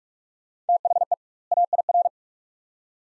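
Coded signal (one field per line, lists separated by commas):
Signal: Morse code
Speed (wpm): 41 wpm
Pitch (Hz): 700 Hz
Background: none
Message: THE AIR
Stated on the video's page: Morse practice of two-word sets at 45 wpm with 2x word spacing, a Farnsworth-like method; sent, spoken, then resent.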